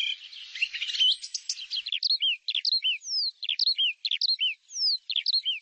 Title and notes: Suara Kicau Burung Prenjak Lengkap dan Ngerol